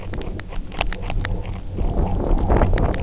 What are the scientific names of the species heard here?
none